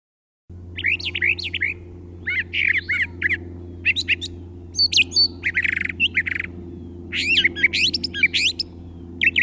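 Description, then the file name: Brown thrasher song: a run of varied sweeping whistled and harsh phrases with short pauses between them, over a steady low hum. Chirping song. "suara kicauan brown trasher. omkicau"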